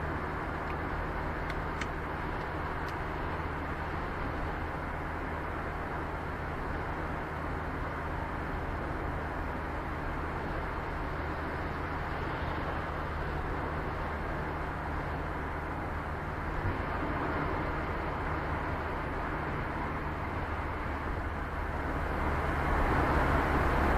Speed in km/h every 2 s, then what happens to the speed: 0, 0, 0, 0, 0, 1, 1, 0, 0, 8, 14, 15.
0-17 standing. 17-19 pulls away to 14.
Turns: none.